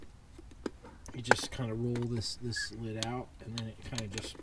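A man talks while handling a camping cook pot, rolling its folding metal handle out toward its locking position, with a few brief sharp ticks of handling around 0.5 and 0.7 seconds. Nothing has seated or clicked into place yet.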